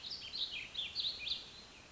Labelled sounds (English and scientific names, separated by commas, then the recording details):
Warbling Vireo (Vireo gilvus)
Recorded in Sonoma County, California